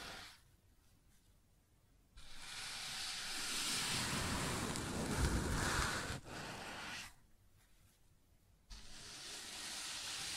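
Sounds on a wooden surface: after two quiet seconds, a dense, steady rushing scrape starts and holds, with a low rumble swelling near five seconds. It breaks briefly around six seconds, stops near seven, then resumes at about 8.7 seconds until the end.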